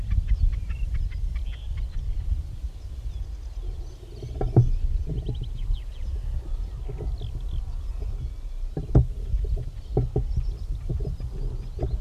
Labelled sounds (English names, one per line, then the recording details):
Common Snipe song
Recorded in the wild
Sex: male
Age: adult
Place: Damme, OT Dümmerlohausen, Niedersachsen, DE
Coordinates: 52.5333, 8.28333
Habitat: lake
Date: 1970-05-18
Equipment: Uher 4000 Report-S, Bändchenmikro Beyer M 260, Parabolspiegel Polyester (470 mm)
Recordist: Conrads, Klaus